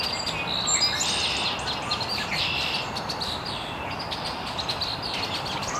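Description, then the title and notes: Birds chirping, many overlapping high notes and short rapid phrases blending into a continuous chorus over steady background hiss. Birds chirping very early in the morning in an estuary. "Birds Chirping in the Early Morning. Original sounds of birds chirping very early in the morning in an estuary"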